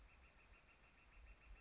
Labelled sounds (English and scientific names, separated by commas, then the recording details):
Northern Flicker (Colaptes auratus)
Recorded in Sonoma County, California